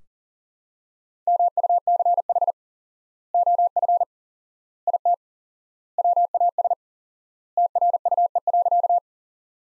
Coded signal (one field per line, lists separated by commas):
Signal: Morse code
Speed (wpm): 37 wpm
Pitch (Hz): 700 Hz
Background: none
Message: MUCH OF IT WAS TRUE.